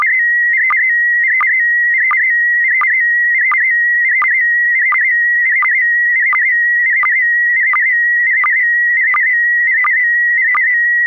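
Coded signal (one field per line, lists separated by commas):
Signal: SSTV (slow-scan television)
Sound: steady warbling high tone with a short lower blip about every 0.7 seconds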